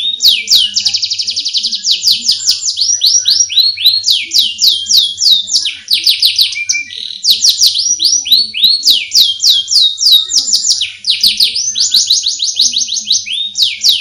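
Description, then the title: Oriental magpie-robin singing a long stream of rapid falling chirps in dense clusters, bright and piercing, with only brief breaks. Long-duration chirping song. "Kicau Kacer"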